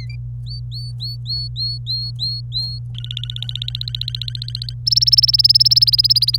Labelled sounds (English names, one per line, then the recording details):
Domestic Canary song
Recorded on 26 April 2018 at 10:21
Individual llb3